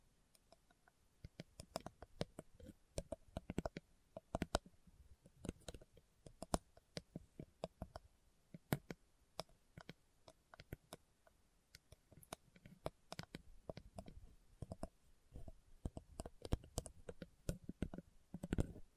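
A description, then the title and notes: Slow tapping sounds with crisp, clicky strikes that reach from low thuds up to bright ticks. Taps come in uneven bursts, sometimes clustered, sometimes spaced apart, throughout the clip. A faint quiet hiss sits underneath between taps. ASMR Slow Tapping for Deep Sleep (No Talking).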